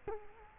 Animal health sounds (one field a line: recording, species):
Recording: mosquito wingbeat signal from an infrared sensor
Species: Culex quinquefasciatus